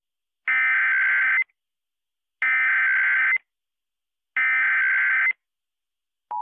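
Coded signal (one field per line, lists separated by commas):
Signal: Emergency Alert System (SAME) tones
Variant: header bursts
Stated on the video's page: Fictional EAS scenario said to contain valid EAS tones.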